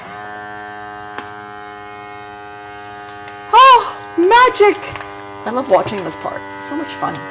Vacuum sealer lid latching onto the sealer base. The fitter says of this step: Okay, there. You want to hear it snap?